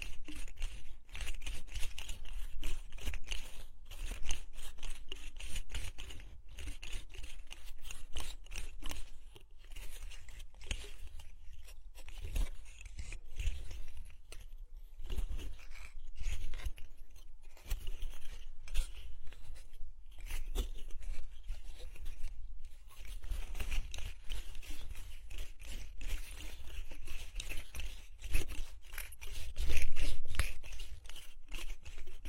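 Plants are rubbed and circled around the ears, giving a dense, continuous crackle of leafy rustling and scratchy crunches. Bursts come in quick, uneven strokes throughout, with a low rumbling thump underneath and a louder crunch near thirty seconds.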